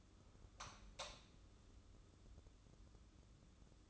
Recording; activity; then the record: daily activity, microphone in the room; light on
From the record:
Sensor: 3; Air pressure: 995.3 hPa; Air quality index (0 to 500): 80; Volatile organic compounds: 6 ppm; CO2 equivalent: 1921 ppm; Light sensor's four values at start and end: 9/21/9/8 and 12/30/12/12